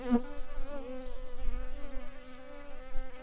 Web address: Sylvarum workers